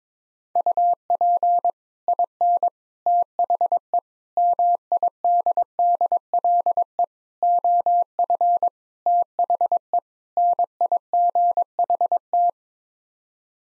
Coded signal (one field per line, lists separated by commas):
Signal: Morse code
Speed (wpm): 22 wpm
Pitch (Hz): 700 Hz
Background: none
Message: UP IN THE MIDDLE OF THE NIGHT